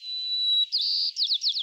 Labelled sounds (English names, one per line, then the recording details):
White-crowned Sparrow song
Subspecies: nuttalli
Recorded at Morro Bay, California, in 2014
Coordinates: 35.371, -120.866
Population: south
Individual MORR_maleA_14